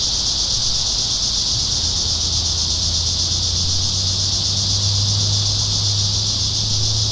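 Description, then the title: Cicadas droning in a constant, shrill high-pitched buzz, while a low steady hum joins in the background partway through. Cicadas in town. "neoscenes: cicadas in town"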